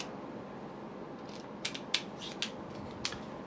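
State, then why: Seated. A lens cover is fitted onto a LAOWA 10mm F2.0 C&D Dreamer ultra-wide prime lens for Micro Four Thirds, with short sharp clicks at about 1.6, 1.7, 2.0, 2.4 and 3.1 seconds over a low, steady background hiss. The cover clicks and locks firmly into place at 2.0 seconds.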